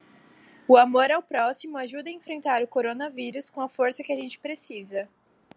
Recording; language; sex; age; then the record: spoken sentence; Brazilian Portuguese; female; 20 to 29 years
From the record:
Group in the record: control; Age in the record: 20 years